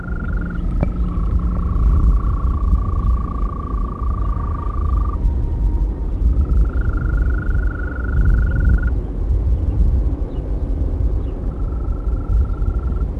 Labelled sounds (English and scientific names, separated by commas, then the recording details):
Green Toad (Bufo viridis) call
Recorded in the wild
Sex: male
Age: adult
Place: Berlin, OT Blankenfelde, Berlin, DE
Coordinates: 52.6167, 13.3833
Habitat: pond
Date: 1964-05-18 19:00
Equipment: Minifon, Kopie Smaragd
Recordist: Tembrock, Günter
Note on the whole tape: Auf einem Kunstteich bei Blankenfelde